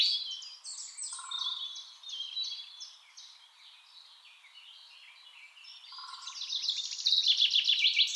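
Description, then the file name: Common chaffinch song: varied chirps at first, then a loud rapid phrase swelling at the close, with two short low buzzy sounds. "Fringilla coelebs"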